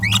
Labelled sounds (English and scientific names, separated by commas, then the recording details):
Green-rumped Parrotlet (Forpus passerinus) babbling
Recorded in a nest box in Venezuela
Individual 18B25A4